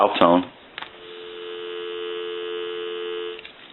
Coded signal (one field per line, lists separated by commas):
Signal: telephone call progress tone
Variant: North America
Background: speech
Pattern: dial tone